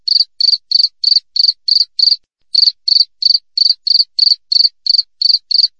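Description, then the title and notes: Cricket song of evenly spaced high chirps, a brief break after two seconds, then the same quick rhythm. Wild cricket (jangkrik alam), clear chirping with tight, close intervals, offered as a tutor recording for training songbirds and for repelling rats. "Masteran Jangkrik Alam Jernih, Jeda Rapat Cocok Untuk Masteran Burung Dan Mengusir Tikus. suara jangkrik"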